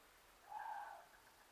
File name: Water deer